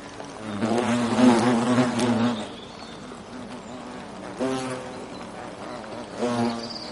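European hornet buzzing in three loud bursts of low humming drone, the first and longest near the start, separated by quieter stretches.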